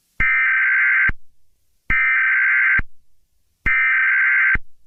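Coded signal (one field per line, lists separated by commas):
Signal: Emergency Alert System (SAME) tones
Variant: header bursts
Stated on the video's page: Fictional EAS scenario, not a real alert.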